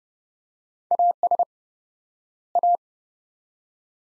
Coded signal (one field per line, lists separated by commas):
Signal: Morse code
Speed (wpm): 30 wpm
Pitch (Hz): 700 Hz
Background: none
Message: AS A